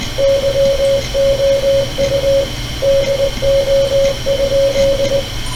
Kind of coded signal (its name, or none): Morse code